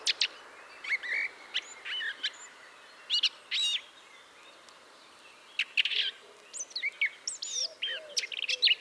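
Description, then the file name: Eurasian blackcap song: short bursts of varied, chattering and whistled warbling notes, separated by pauses. "Sylvia atricapilla"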